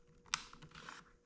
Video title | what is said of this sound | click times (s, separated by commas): Dynamic Turn Signals Install - MK8 GTI & Golf R | When you get that center tab lined up and pushed down, you should hear all a little click to let you know that it's all the way in place. | 0.3 s